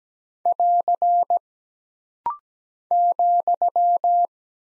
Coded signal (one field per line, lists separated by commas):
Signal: Morse code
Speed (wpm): 17 wpm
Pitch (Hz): 700 Hz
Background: none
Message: <AR> ,